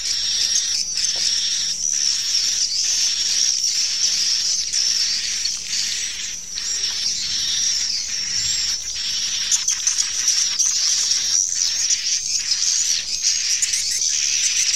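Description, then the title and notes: Swiftlets twittering in a thick, continuous chorus of sharp high squeaks and chirps, steady throughout with brief louder bursts. Sound used in swiftlet bird farming in Asia. "Swiflet Bird Sound. Farming Swiflet Bird asia sound"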